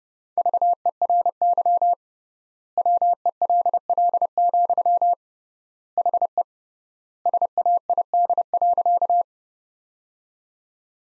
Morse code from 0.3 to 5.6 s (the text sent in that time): VERY WELL,